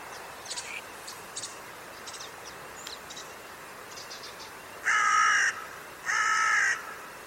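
Bird: faint high chirps and clicks at first, then a bird gives two loud, harsh caws about a second apart.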